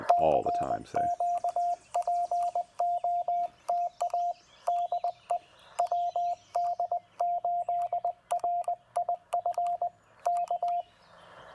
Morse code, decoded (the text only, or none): CQ POTA DE WD8RIF K